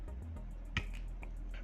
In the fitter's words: push it inside till you hear a click noise or till you reach the dead end